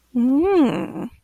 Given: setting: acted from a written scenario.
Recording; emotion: vocal sound without words; desire